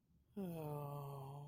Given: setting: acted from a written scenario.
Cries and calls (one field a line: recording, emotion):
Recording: vocal sound without words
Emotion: sadness